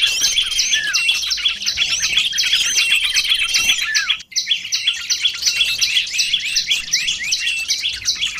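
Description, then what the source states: Lovebirds chattering with rapid shrill chirps and squeaks, a brief pause near the middle, then the dense overlapping calling resumes. Lovebird calls used as a lure for trapping birds.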